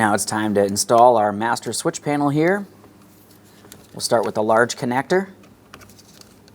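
Someone talks while preparing to push a large electrical connector onto the master window switch panel in the front door of a 2003-2007 Cadillac CTS. After the talking, a few faint short handling ticks are heard. The connector has not seated or clicked yet.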